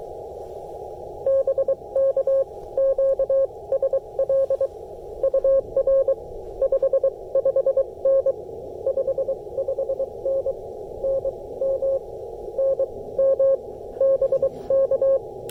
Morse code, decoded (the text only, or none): BK QSL UR 55N 55N NM NM BK